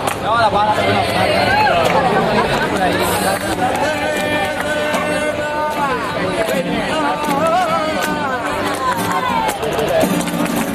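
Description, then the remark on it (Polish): A cheerful crowd fills the large Almeda de Hercules square in the evening with dense, steady chatter, many overlapping voices and bursts of laughter forming a loud, continuous hubbub throughout. “Ogromny plac Almeda de Hercules zapełniał się rozbawionym tłumem.”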